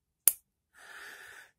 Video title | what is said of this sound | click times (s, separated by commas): Review of the Sanenmu 7081 BUI SHX A small to mid size back lock folder with STYLE | this back lock locks very well you can hear it snap into place and | 0.3 s